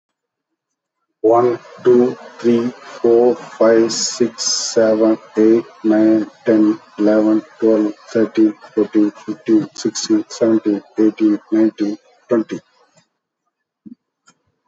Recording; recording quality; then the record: counting at a normal pace; excellent, no background noise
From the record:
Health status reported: healthy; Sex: male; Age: 52 years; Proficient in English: no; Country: India